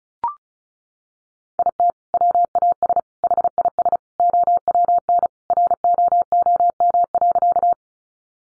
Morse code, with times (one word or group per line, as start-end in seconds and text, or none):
1.6-1.9 IT
2.1-3.0 WAS
3.2-4.0 HIS
4.2-5.3 OWN
5.5-7.7 ROOM.